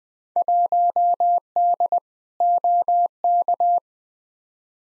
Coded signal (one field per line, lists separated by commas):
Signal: Morse code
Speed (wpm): 20 wpm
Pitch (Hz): 700 Hz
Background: none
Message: 1D OK